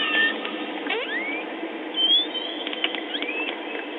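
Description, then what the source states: Pilot whale whistles: several rising and upsweeping tonal whistles over a steady underwater hiss, with scattered clicks. Played recording.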